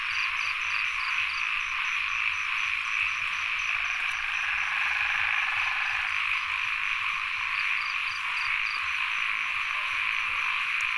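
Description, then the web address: Frog chorus as an unbroken high droning hum, short pulsed notes above and a brief low tonal buzz midway. Field recording, frogs and insects together, at Sen Monorom, Cambodia. "NOISE ON EARTH Vol 1 CAMBODIA Les Cartes Postales Sonores - Insects Frogs of Sen Monorom"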